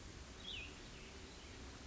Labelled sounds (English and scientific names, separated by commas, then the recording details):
Cassin's Vireo (Vireo cassinii)
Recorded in Sonoma County, California